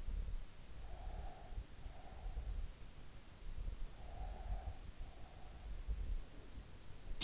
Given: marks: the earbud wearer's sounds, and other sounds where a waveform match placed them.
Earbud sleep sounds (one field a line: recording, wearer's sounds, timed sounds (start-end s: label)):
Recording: sounds in sleep by an in-ear microphone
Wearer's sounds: breath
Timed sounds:
0.63-2.81 s: breath
3.92-5.76 s: breath